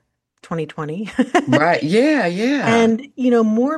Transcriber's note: laughs